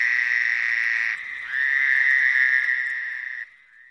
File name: Fowlers Toad